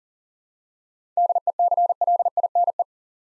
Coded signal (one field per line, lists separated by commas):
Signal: Morse code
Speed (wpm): 38 wpm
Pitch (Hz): 700 Hz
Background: none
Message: DECLINE